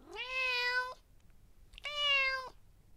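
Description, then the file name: Cat meowing twice, each a steady, drawn-out nasal meow lasting under a second, separated by a short pause, with a faint low hum beneath. "meow"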